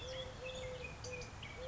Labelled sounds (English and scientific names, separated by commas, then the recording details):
Eurasian Collared Dove (Streptopelia decaocto)
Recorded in Sonoma County, California